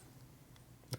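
On the wiring of a 1970 Harley-Davidson XLCH Ironhead Sportster, the locking trigger on a wire terminal is pressed in so the terminal can be pulled out of its plastic connector housing. A faint tick sounds at about 0.6 s, followed by a sharp, brief click at 0.9 s. The terminal is released from the housing.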